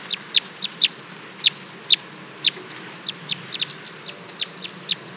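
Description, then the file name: Red Crossbill flight calls: short, sharp, high kip notes given repeatedly at irregular intervals over a soft background hiss. Red Crossbill call type N 23; flight calls. "Red Crossbill Type N 23-FCs"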